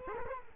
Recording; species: mosquito wingbeat signal from an infrared sensor; Culex quinquefasciatus